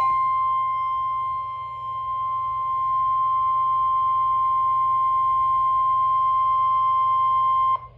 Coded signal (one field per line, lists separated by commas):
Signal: Emergency Alert System (SAME) tones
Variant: 1050 Hz attention tone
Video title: Special Marine Warning (EAS #94)